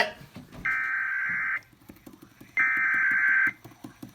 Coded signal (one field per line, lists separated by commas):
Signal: Emergency Alert System (SAME) tones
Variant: header bursts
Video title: EAS 152 TOR IN BALDIN